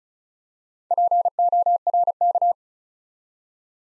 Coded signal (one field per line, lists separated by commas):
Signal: Morse code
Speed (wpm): 36 wpm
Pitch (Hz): 700 Hz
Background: none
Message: PORK